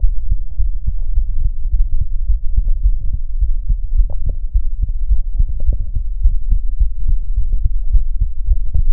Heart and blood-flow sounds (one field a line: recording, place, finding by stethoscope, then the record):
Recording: heart sounds by stethoscope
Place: pulmonary valve (PV)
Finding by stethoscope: normal heart sounds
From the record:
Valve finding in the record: normal valve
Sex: male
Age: 53 years